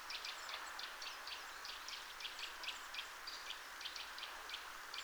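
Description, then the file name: Eurasian nuthatch calls: short, high, sharp notes repeated rapidly in a steady series throughout, over a constant background hiss. "Sitta europaea"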